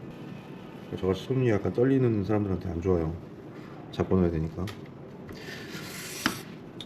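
Someone talks while a power cable connector is handled at the socket of a full-modular power supply, with soft rubbing and a brief rustle of handling noise toward the end. It must be pushed firmly until it clicks, because a loose connection can make the power cut in and out, but nothing has seated or clicked yet when the clip ends.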